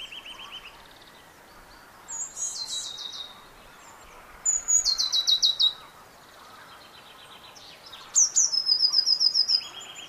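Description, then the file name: Eurasian blue tit singing high, clear introductory notes followed by rapid ringing trills, three phrases in ten seconds, with some lower trills as well, over a soft hiss. "Cyanistes caeruleus"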